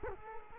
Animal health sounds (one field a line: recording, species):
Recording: mosquito wingbeat signal from an infrared sensor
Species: Culex quinquefasciatus